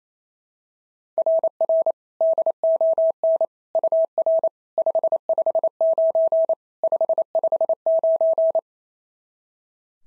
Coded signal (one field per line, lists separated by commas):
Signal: Morse code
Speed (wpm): 25 wpm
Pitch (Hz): 650 Hz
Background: none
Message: RR DON UR 559 559